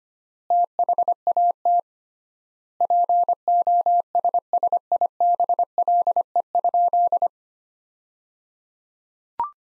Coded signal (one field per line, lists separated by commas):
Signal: Morse code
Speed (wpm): 25 wpm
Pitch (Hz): 700 Hz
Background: none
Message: THAT POSSIBLE?